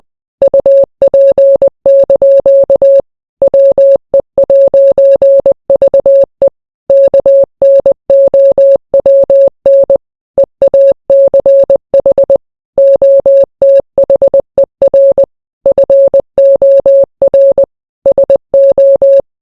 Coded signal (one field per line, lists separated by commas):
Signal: Morse code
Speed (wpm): 20 wpm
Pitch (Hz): 550 Hz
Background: none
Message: UP) WE'VE KNOWN EACH OTHER FOR SO